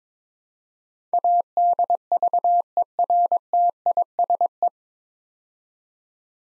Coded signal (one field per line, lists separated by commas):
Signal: Morse code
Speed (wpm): 22 wpm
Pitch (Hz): 700 Hz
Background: none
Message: ADVERTISE